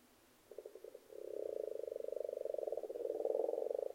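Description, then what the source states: Frogs croaking, a few separate pulses at first, then a sustained fast rattling chorus that builds slightly in strength. Frogs in a pond.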